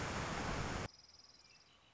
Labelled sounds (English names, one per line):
Red-winged Blackbird